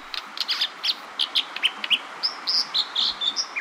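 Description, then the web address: Dipper song: many bright, high, short notes in quick succession over a steady hiss. Song compared to the sounds of mountain streams: full, round, mellow notes with delicate trills. "Birdnote. Song of the Dipper"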